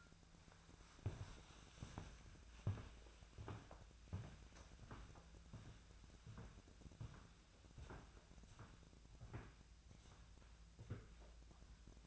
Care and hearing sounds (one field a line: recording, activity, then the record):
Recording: daily activity, microphone in the room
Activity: walk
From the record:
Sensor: 2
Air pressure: 1008.2 hPa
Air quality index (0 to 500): 179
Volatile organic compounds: 10 ppm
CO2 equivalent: 2203 ppm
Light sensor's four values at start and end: 13/31/13/14 and 13/32/13/14